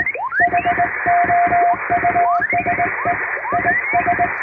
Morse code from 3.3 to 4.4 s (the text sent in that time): IS